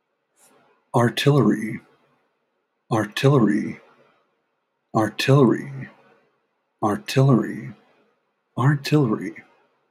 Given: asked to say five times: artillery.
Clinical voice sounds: repeated word; male; 30 to 39 years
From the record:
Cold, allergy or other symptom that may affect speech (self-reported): no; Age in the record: 34 years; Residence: Utah, United States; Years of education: 12

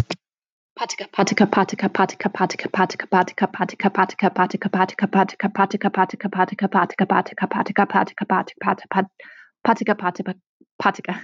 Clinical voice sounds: repeated syllables /pa ta ka/; female; 30 to 39 years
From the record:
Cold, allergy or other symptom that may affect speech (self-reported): no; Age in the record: 36 years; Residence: Texas, United States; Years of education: 16

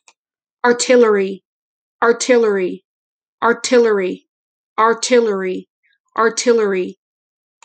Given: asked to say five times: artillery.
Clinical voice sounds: repeated word; female; 20 to 29 years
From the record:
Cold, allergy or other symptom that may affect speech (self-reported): no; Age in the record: 21 years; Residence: North Dakota, United States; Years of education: 12

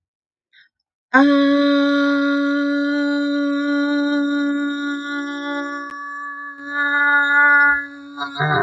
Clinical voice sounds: vowel held as long as possible; female; 30 to 39 years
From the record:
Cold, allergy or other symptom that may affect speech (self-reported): no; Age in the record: 39 years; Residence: Connecticut, United States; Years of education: 12

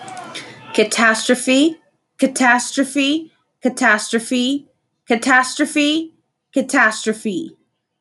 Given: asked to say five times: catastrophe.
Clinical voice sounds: repeated word; female; 30 to 39 years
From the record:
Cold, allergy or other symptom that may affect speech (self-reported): no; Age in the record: 31 years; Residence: Texas, United States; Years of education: 16

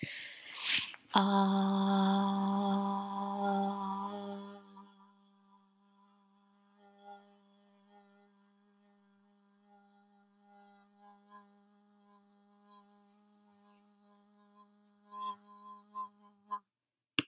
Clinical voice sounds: vowel held as long as possible; female; 20 to 29 years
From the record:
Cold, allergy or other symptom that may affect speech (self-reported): no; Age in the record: 22 years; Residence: Florida, United States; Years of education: 17

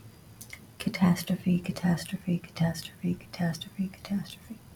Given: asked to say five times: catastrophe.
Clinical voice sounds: repeated word; female; 30 to 39 years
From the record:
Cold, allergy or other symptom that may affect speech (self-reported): no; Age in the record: 36 years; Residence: Georgia, United States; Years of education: 17

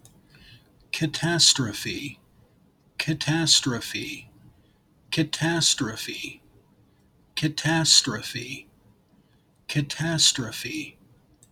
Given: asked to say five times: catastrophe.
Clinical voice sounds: repeated word; male; 40 to 49 years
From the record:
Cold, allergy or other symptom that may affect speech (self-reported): no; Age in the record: 45 years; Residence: United States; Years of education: 12

